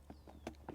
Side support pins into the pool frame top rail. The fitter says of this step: and those top two pins snap into place